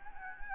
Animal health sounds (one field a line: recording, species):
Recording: mosquito wingbeat signal from an infrared sensor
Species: Anopheles gambiae